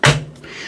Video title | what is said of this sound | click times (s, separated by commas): Thermalright Rainbow Vision 360 TURBO - Stunning LCD, Can It Perform? | it will just snap into place because it does have magnets. | 0.1 s